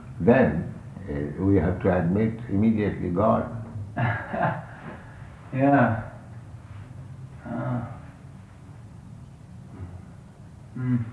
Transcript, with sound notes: then we have to admit immediately God.
[laughs] Yes. Hmm.